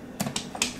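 An ice maker wiring plug is pushed straight into the mating harness connector in a Maytag side-by-side refrigerator and shoved all the way back. A few short, sharp taps are heard, the loudest near 0.2, 0.4 and 0.6 seconds, but nothing has clicked or seated yet.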